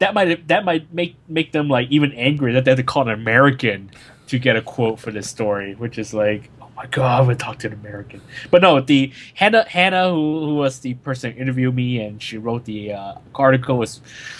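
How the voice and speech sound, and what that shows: Adult male speech with repeated words and phrases, fillers and pauses, consistent with mild stuttering.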